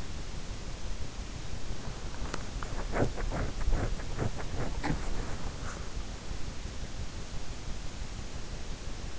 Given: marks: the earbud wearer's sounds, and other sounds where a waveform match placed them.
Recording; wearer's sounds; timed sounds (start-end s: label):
sounds in sleep by an in-ear microphone; body movement
2.08-6.35 s: body movement